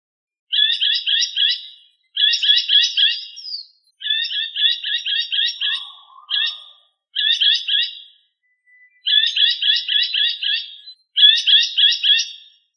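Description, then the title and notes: Bird song of fast, rattling chip trains, each burst lasting one to two seconds and repeated after short pauses, with a faint low note midway. Indonesia. "Kicau Burung Indonesia"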